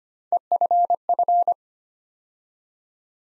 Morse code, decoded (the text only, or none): EFF